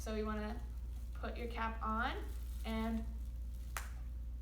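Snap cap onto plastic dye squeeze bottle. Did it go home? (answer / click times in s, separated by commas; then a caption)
yes / 3.8 s. Someone talks, then a colored snap cap is pressed onto a plastic squeeze bottle of tie-dye and clicks shut with a sharp snap at 3.8 s, sealing it so the dye won't spill when shaken. A steady low hum runs underneath.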